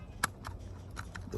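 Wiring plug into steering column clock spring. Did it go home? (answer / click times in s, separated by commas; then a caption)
yes / 0.2 s. A plastic electrical wiring plug on a Jeep Gladiator is pushed back into the clock spring behind the steering wheel on the steering column, giving one sharp click at 0.2 s over a low background hum. A few fainter ticks follow at about 0.5, 1.0 and 1.2 s. The plug is seated and locked in place.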